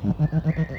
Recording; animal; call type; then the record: contact call of a hoofed animal; goat; low-frequency (closed-mouth) or high-frequency (open-mouth) call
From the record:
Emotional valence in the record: negative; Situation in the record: short social isolation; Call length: 0.79 s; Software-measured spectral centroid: 960 Hz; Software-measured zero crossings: 820 a second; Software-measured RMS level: -23 dBFS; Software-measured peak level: -12 dBFS